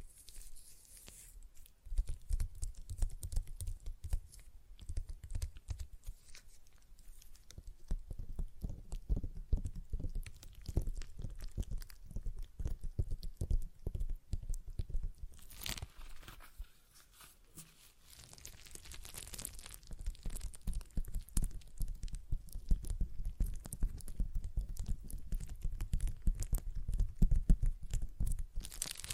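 Stress ball sounds: soft, rapid squishing and crackling pulses with a low thumping body, repeating densely through most of the clip. The activity pauses briefly around 2 seconds and again near 16–18 seconds, then resumes steadily, with occasional brighter crinkly bursts.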